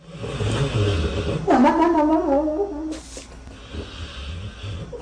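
A dog snoring, with a quacking, Donald Duck-like sound.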